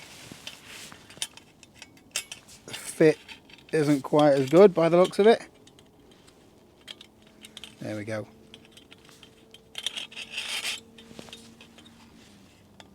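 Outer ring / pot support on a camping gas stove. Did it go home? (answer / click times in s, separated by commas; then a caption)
no / none. The metal outer ring and pot support are handled onto a budget camping gas stove, where the fit is not quite as good, with scattered light metallic clinks and rattles while someone talks. Nothing has seated or clicked into place yet.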